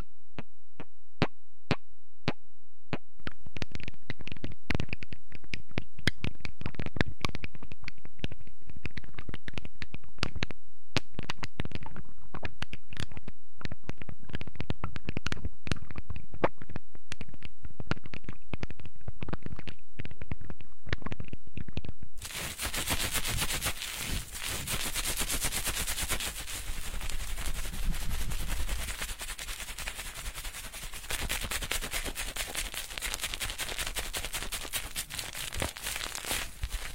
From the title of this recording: tapping the water flow, smearing and tearing massage